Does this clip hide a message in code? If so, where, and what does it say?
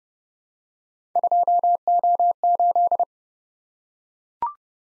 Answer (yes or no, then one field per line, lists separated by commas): yes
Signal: Morse code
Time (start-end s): 1.2-3.0 s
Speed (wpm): 28 wpm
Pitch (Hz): 700 Hz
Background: none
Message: 2O8